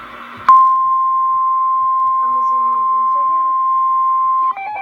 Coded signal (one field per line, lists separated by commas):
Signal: Emergency Alert System (SAME) tones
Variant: 1050 Hz attention tone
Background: speech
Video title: REAL EAS 289- Flash flood warning